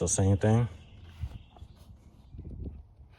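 Someone talks while handling a second plastic push-in grommet and pressing it into the other hole of the radiator support splash shield on a 7th-generation Maxima. Only faint, soft handling taps are heard under the voice. Nothing has seated or clicked yet.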